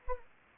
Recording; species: mosquito wingbeat signal from an infrared sensor; Anopheles arabiensis